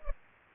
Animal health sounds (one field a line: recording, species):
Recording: mosquito wingbeat signal from an infrared sensor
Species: Culex pipiens